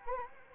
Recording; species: mosquito wingbeat signal from an infrared sensor; Anopheles gambiae